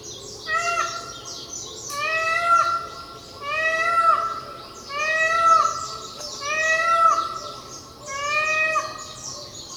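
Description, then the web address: Indian peafowl calling: loud, nasal, arched wailing notes with strong harmonics, repeated about every one and a half seconds, over a continuous high background chorus. Recorded on Miyakojima on 30 April 2016. "koe indokujaku 160430 miyakojima uemurashingo"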